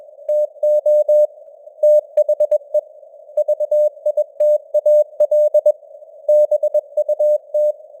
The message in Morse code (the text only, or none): TO THE VITAL BUT